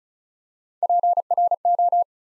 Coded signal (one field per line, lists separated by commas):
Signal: Morse code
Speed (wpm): 36 wpm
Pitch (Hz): 700 Hz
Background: none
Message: PRO